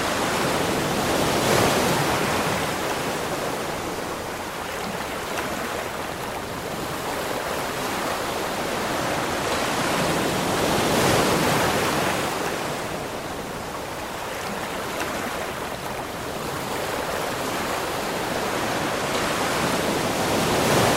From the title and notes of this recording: Seaside Afternoon: Calming Ocean Waves for Relaxation and Inner Peace. In this episode, you'll be enveloped by the rhythmic symphony of gentle waves caressing the shoreline.